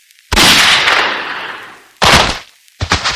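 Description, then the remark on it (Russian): A loud, sharp pistol shot cracks out and fades in a long, rumbling decay, followed by two shorter, abrupt bursts of noise. No one speaks. “Рывок, пистолет, выстрел.”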